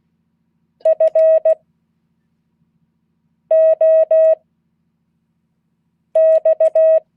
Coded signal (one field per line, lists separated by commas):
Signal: Morse code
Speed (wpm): 16 wpm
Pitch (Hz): 640 Hz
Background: none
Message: FOX